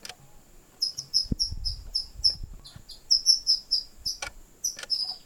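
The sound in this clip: White-throated kingbird series of sharp high chips in several quick bursts, a steady high insect tone behind, and a couple of brief clicks.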